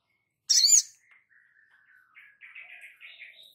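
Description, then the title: Spiderhunter giving one loud, high squeaky chirp, followed by a soft, thin twittering phrase that wavers up and down. Labaik song variant. "Sogok Ontong Labaik"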